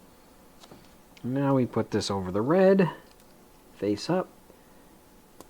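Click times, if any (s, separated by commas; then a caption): 5.4 s. Someone talks while a plastic LEGO piece is put face up over a red piece on a LEGO F1 McLaren 2022 car model and pressed on. A short, faint click is heard at 5.4 s as the piece seats.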